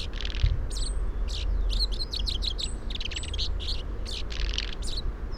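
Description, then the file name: Common chaffinch calls: many short sharp chips in quick clusters, mixed with thin high whistles, over a steady low rumble. "Fringilla coelebs"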